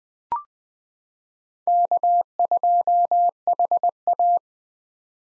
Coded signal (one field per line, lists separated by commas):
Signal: Morse code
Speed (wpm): 20 wpm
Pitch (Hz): 700 Hz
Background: none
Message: K2HA